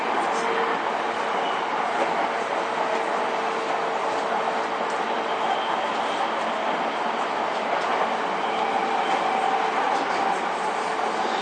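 Recorded on a JR East 231 series train between Ito and Yokohama, the ride gives a steady, dense rumble and hiss that holds level throughout. A faint whine runs underneath, and there are hints of murmured voices mixed into the running noise.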